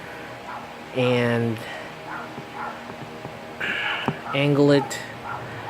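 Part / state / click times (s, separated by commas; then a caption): arm section of a transforming robot toy figure / not seated / none. Someone talks while handling the arm section of a plastic combiner-robot transforming toy figure, pulling a section out and angling it, with faint plastic rustling and a brief sharp tick near 4.1 s. Nothing has seated or clicked into place yet.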